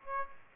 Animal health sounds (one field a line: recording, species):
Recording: mosquito wingbeat signal from an infrared sensor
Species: Aedes aegypti